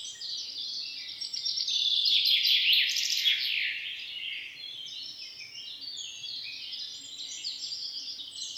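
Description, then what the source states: Bird chorus of rapid high twittering and trills, loudest around two to three seconds, then thinner scattered chirps continuing to the end. Morning bird song.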